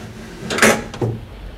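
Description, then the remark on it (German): A window coated with soot from passing trains is shoved upward with a loud, brief wooden scraping rasp, then a shorter bump as it settles, with no one speaking. “Schieb das Fenster hoch.”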